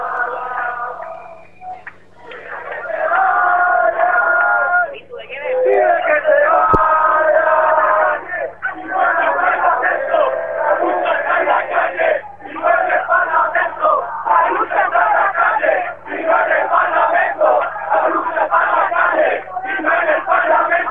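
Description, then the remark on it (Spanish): A large protest crowd in a square in front of the town hall in Málaga chants rhythmically, also calling for the mayor to go, in repeated bursts with brief pauses between phrases, loud and sustained over a low steady hum, heard through a phone line. “No sé si puedes dejar un momento sonando al aire el teléfono para poder escuchar de fondo. Sí, claro. Qué suenan las plazas.”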